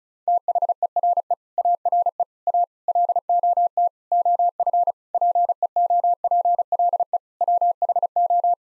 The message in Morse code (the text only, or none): THERE ARE A LOT OF PEOPLE WHO